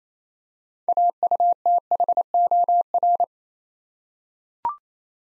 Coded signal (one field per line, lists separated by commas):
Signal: Morse code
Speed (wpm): 27 wpm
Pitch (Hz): 700 Hz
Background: none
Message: AUTHOR